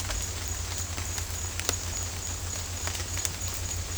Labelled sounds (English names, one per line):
none